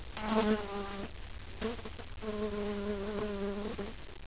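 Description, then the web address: Bees droning, a low steady hum with strong overtones in two main bursts separated by a short pause. "halla halla bees"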